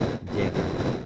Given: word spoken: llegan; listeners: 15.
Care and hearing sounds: one Spanish word in noise, from a listening test; noise modulated by three-talker babble; -3.6 dB; 3 of 15; 6 of 15; 0.66 s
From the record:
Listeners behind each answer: 6, 3, 2, 1, 1, 1, 1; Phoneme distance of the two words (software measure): 7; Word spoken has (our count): 2 syllables, 5 phonemes, stress on syllable 1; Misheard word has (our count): 2 syllables, 4 phonemes, stress on syllable 1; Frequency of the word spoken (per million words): 47.54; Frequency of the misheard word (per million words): 114.42

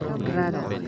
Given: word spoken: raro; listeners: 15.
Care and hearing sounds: one Spanish word in noise, from a listening test; eight-talker babble; 0.6 dB; 3 of 15; 6 of 15; 0.49 s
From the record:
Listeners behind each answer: 6, 3, 2, 1, 1, 1, 1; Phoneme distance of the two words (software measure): 10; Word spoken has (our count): 2 syllables, 4 phonemes, stress on syllable 1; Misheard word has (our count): 2 syllables, 4 phonemes, stress on syllable 1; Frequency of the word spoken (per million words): 28.65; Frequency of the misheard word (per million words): 21.94

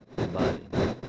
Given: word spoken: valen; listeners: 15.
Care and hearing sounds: one Spanish word in noise, from a listening test; noise modulated by one talker; -8.6 dB; 0 of 15; 6 of 15; 0.69 s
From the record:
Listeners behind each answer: 6, 2, 2, 1, 1, 1, 1, 1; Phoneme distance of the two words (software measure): 7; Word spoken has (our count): 2 syllables, 5 phonemes, stress on syllable 1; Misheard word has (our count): 2 syllables, 4 phonemes, stress on syllable 1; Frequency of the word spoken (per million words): 6.30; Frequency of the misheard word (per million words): 51.36

